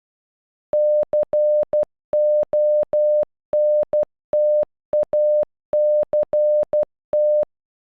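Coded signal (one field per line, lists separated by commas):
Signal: Morse code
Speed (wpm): 12 wpm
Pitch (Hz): 600 Hz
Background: none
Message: CONTACT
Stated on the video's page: The word "Contact" in Morse, generated by an online converter with audio playback.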